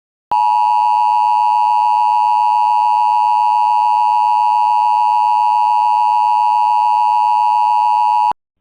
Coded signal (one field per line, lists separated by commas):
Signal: Emergency Alert System (SAME) tones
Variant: 853 and 960 Hz attention tone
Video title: EAS Mock 43: Pueblo County Wildfire (Multiple Perspectives)